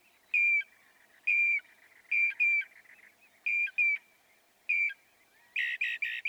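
Northern mockingbird giving flat, piping whistled notes, singly and in pairs, ending with three harsh, buzzy notes.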